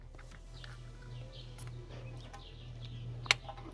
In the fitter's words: and it clicked in there you go all right let's test it